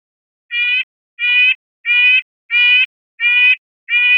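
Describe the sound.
Red-breasted nuthatch repeating six nasal, tin-horn yank notes, evenly spaced about two-thirds of a second apart, with quiet between.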